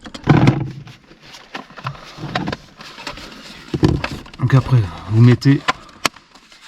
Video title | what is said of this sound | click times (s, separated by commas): ALIEXPRESS installer autoradio carplay android auto sur RENAULT CLIO 3 | voilà, vous clipsez bien et après on va aller visser en fait. | 6.1 s